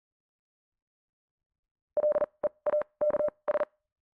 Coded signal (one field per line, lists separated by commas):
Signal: Morse code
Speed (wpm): 40 wpm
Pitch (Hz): 600 Hz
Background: none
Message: LEAKS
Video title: History of Telegraphy